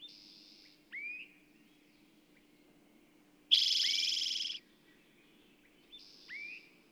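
Bird song: short rising whistled notes and a loud buzzy trill lasting about a second, with thin high hisses before and after.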